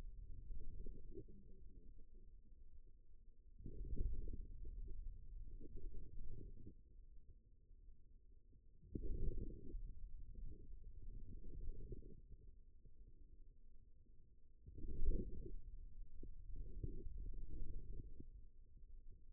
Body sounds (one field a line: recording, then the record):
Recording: forearm muscle sounds (acoustic myography)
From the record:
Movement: wrist extension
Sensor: system 2, bracelet of six BSWA MPA416 microphones around the upper forearm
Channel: 6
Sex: male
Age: 22 years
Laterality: right